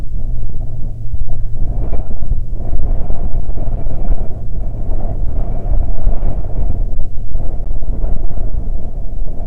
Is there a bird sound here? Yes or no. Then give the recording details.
no. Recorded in the Prudhoe Bay oil fields, Alaska, on 13 July 2019 at 08:18. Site 16